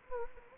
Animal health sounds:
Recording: mosquito wingbeat signal from an infrared sensor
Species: Anopheles gambiae

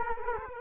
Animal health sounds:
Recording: mosquito wingbeat signal from an infrared sensor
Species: Culex quinquefasciatus

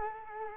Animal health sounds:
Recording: mosquito wingbeat signal from an infrared sensor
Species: Culex quinquefasciatus

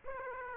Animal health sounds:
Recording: mosquito wingbeat signal from an infrared sensor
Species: Aedes aegypti

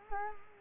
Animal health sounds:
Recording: mosquito wingbeat signal from an infrared sensor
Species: Culex quinquefasciatus

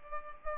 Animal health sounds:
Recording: mosquito wingbeat signal from an infrared sensor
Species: Culex pipiens

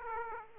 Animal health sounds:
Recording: mosquito wingbeat signal from an infrared sensor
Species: Aedes aegypti

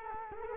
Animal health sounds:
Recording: mosquito wingbeat signal from an infrared sensor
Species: Culex quinquefasciatus

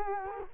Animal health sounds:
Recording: mosquito wingbeat signal from an infrared sensor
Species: Culex quinquefasciatus

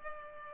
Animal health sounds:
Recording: mosquito wingbeat signal from an infrared sensor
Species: Culex pipiens

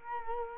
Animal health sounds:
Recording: mosquito wingbeat signal from an infrared sensor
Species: Culex quinquefasciatus

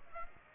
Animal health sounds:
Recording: mosquito wingbeat signal from an infrared sensor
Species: Aedes aegypti

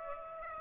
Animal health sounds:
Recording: mosquito wingbeat signal from an infrared sensor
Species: Aedes aegypti

